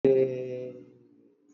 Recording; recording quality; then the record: sustained vowel as in made; excellent, no background noise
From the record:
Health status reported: exposed to COVID-19, no respiratory illness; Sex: male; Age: 63 years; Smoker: no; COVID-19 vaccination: both doses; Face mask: worn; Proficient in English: yes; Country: India